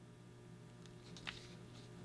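A preset torque screwdriver turns an optic mounting screw into an MR920 pistol slide, with faint ratcheting ticks at about 0.9 and 1.2 s over a steady low hum. A sharp, loud click at 1.3 s shows the driver reaching its setting and almost skipping, meaning the screw is torqued to its correct setting.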